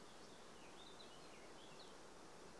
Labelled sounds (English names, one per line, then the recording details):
Eurasian Blackcap
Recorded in Germany
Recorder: ecoPi